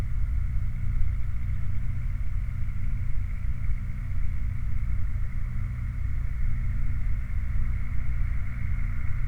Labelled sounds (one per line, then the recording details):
machinery
flare stack
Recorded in the Prudhoe Bay oil fields, Alaska, on 8 July 2019 at 02:26
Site 29